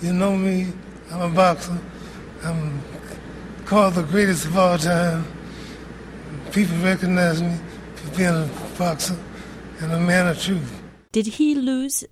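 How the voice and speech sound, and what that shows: An adult man with Parkinson's disease, speaking in 2001: slow, slurred speech with long pauses and drawn-out, nasal sounds, the hypokinetic dysarthria of Parkinson's disease, his speech having declined over 20 years.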